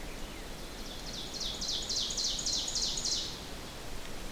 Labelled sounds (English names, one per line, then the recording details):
Ovenbird song
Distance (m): 40 m
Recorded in boreal forest in Alberta, Canada, on 4 June 2016 at 08:21
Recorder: SongMeter 3, array SBT-3-51
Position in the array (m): 261 m, 118 m
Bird 28